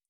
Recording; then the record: hydrophone in a shrimp aquaculture tank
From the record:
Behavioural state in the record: feeding